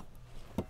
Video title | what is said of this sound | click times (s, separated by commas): Replacing the PCV System on a BMW V8 Engine Part 2 of 2 | push push they all lock into place | 0.6 s